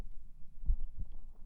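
A single soft, muffled lub-dub heartbeat pair, low and thudding, over a faint steady background hum.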